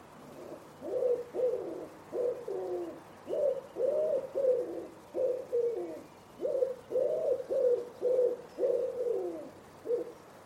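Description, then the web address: Common Wood Pigeon cooing, a series of rhythmic coo phrases over about ten seconds against a quiet background. Bird-only recording from a 2025 soundscape bird dataset. "cianscape. Deverinetal"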